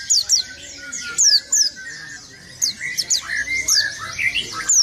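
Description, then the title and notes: White-eye twittering: bright, sharply falling high chirps in short bursts, with softer warbled notes and a thin sustained tone between. "Burung Peci. pleci"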